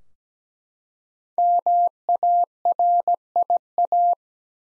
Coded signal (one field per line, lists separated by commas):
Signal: Morse code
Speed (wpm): 17 wpm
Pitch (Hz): 700 Hz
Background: none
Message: MARIA